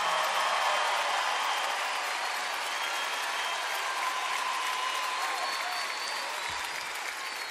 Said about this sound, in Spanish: Y tenemos también el privilegio en esta noche que nos esté acompañando una orquesta de aquí de Los Ángeles. Un aplauso para ellos.